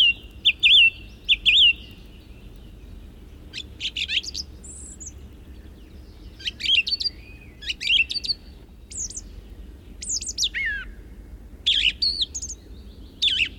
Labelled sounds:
Song Thrush (Turdus philomelos) song
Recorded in the wild
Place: Neklade, Insel Rügen, Mecklenburg-Vorpommern, DE
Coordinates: 54.39, 13.45
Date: 1969-05-20
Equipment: Nagra III BH, Sennheiser MD 21, parabola
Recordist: Schubert, Michael
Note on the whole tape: Wald bei Neklade: Gesang Singdrossel, abends

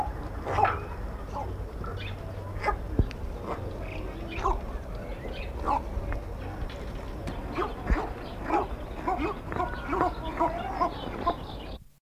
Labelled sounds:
Northern Bald Ibis (Geronticus eremita) call
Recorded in captivity
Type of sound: call
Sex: pair
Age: adult
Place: Alpenzoo Innsbruck, Tirol, AT
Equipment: Halbspur, 9,5 cm/s
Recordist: Lütgens, Hans
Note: Begrüßung, 2 Paare

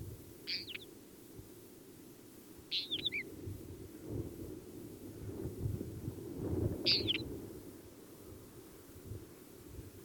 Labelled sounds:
Northern Wheatear (Oenanthe oenanthe) song
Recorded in the wild
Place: Wüste Gobi, MN
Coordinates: 42.795, 105.032
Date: 1979-06-02
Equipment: Nagra III BH, Sennheiser MD 21, parabola
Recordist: Schubert, Michael
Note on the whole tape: Gesang Steinschmätzer

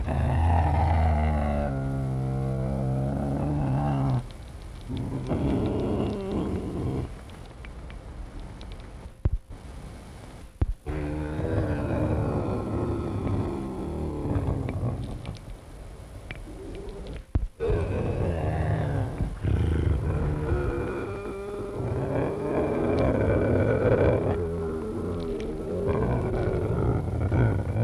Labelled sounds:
Eurasian Lynx (Lynx lynx) growling
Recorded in captivity
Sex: pair
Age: adult
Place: Tierpark Berlin, Berlin, DE
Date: 1963-02-23 18:30
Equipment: Minifon, Kopie Smaragd
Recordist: Tembrock, Günter

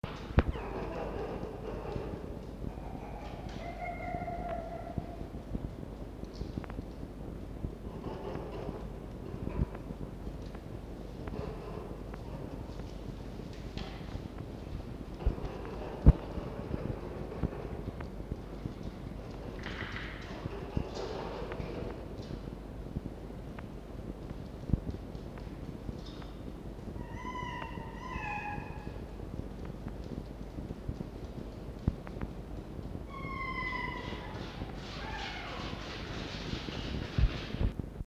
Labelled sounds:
Red Fox (Vulpes vulpes)
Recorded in captivity
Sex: male
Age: adult
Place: Zoologisches Institut der HUB, Berlin, DE
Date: 1952-04-30 19:15
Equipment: Elmetra
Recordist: Tembrock, Günter
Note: Jupp läuft hinter Fiffi her. Jupp: Muffen mit Bellserie (mit Fleisch im Maul)

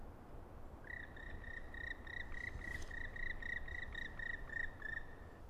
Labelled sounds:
Black Woodpecker (Dryocopus martius) call
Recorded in the wild
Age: adult
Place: Bernau bei Berlin, Bernauer Forst, Brandenburg, DE
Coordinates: 52.6975, 13.5211
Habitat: wood
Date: 2007-01-05 12:23
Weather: wechselhaft, ca. 5°C, mäßiger bis starker Wind
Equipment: Sound Devices 702, Sennheiser MKH 70, Windkorb
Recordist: Frommolt, Karl-Heinz

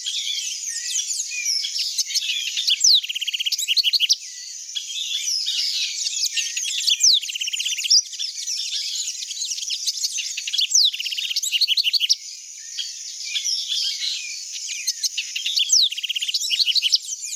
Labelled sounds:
House Wren (Troglodytes aedon) song
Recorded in the wild
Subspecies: musculus
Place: Quepos / Manuel Antonio Nationalpark, CR
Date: 1992-04-21
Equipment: Dat-Recorder Casio DA 7, Telinga DAT, Telinga-Parabolspiegel
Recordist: Schwarz, Dieter

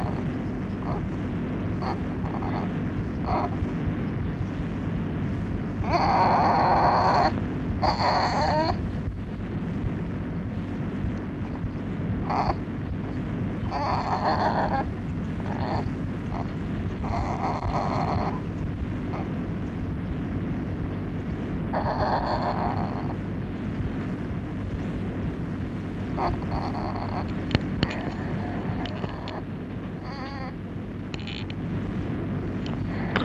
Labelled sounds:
Spectacled Bear (Tremarctos ornatus) call
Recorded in captivity
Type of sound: call
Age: juvenile
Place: Tierpark Berlin, Berlin, DE
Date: 1964-03-03
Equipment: Englisches Reportergerät, Kopie Smaragd
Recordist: Altmann, Dagmar
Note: März 1964: 5 Wochen alt, Lautfolgen

